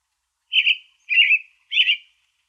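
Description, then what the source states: American robin song: three short, rich, slightly warbled phrases in quick succession, with no other sounds. Recorded in coniferous forest.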